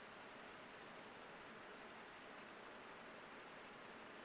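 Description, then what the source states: Great Green Bush-cricket delivering a fast, shrill, stuttering buzz of repeated pulses throughout. First of the year; close individual about 1 m from microphones, one of 3-4 in south-facing Virginia creeper; very fast jerky rhythm after sun-warming; 20.4 °C; Fourcinet, Drôme, 700 m, 9 July 2018, late afternoon.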